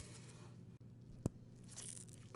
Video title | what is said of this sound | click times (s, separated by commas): How to Remove the bead from Captive Bead Ring - Body Piercing Jewelry | You always hear a snap when it gets there. | 1.3 s